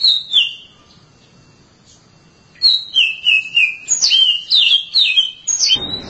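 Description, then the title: Oriental magpie-robin song: a couple of whistled notes, a pause, then a fast run of bright descending whistles. Long-duration song. "Kacer Durasi Panjang"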